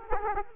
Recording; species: mosquito wingbeat signal from an infrared sensor; Culex quinquefasciatus